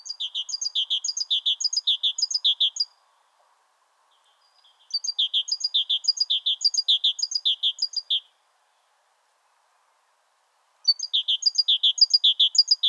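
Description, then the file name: Great tit singing repeated two-note 'teacher' phrases in three bursts separated by silent gaps, over a soft background hum. "Parus major"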